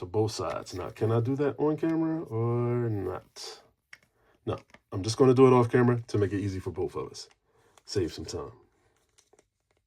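Someone talks while handling a plastic accessory part meant for a joint on a Gamerverse Juggernaut Marvel Legends action figure, with brief faint taps at about 3.9 s, 4.0 s and 9.4 s. Nothing has seated or clicked into the joint yet.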